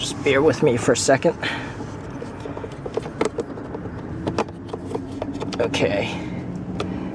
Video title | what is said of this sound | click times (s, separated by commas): Honda CRV and Element - How to change Cabin Filter in HD | and i simply push this in and i hear it snap and that's it | 6.8 s